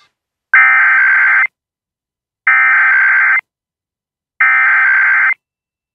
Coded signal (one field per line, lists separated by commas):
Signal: Emergency Alert System (SAME) tones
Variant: header bursts